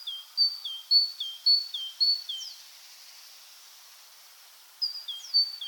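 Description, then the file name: Great tit singing a bright two-note see-saw phrase several times, pausing for a couple of seconds, then starting the repeated phrase again. "Parus major"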